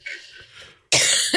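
A single loud, harsh cough burst follows faint breathy sounds, from an adult who was sick the previous week.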